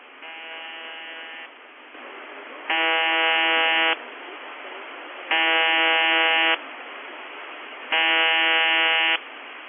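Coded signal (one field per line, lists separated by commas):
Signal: channel marker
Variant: UVB-76 (The Buzzer)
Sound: harsh low buzzes about 1.3 s long: one faint, then 3 loud, through radio hiss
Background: radio static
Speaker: periods of very very weak buzzer but where the buzzer itself is actually on a weak mode and you have a sudden switch where the buzz goes from quiet to strong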